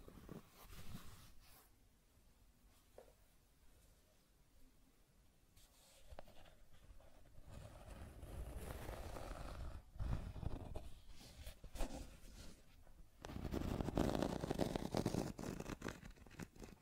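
Scratching and tracing sounds, with rough strokes that start soft and sparse and grow denser and louder from about six seconds on. Sharp scrapes and taps land near 6, 10 and 13 seconds, and a heavy, gritty stretch of scratching follows to the end.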